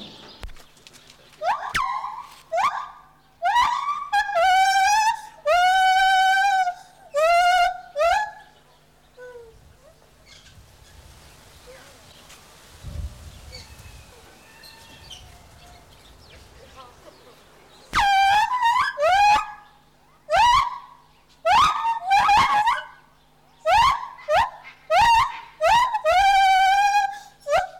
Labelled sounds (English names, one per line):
Lar Gibbon